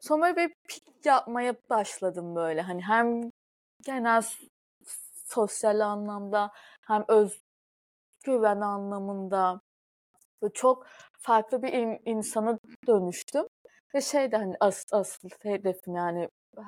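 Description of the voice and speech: An adult woman who stutters a lot, with stuttering that grows four to five times worse when she is anxious, speaks Turkish with part-word repetitions, drawn-out sounds and long silent blocks.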